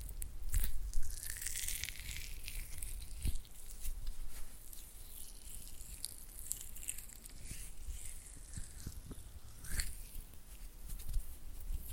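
Oily hands rub and flutter in wet, crackly squishes, with scattered sharp clicks around one, three and ten seconds over a low rumble.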